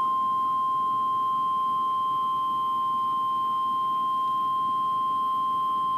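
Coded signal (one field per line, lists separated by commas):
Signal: Emergency Alert System (SAME) tones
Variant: 1050 Hz attention tone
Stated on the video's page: Required Weekly Test captured off NOAA Weather Radio, played on a Sony CD player hooked to a Yamaha stereo system.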